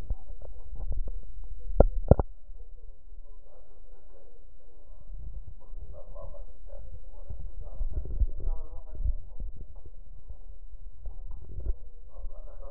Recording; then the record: lung sounds by stethoscope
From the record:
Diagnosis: emphysema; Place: left posterior upper chest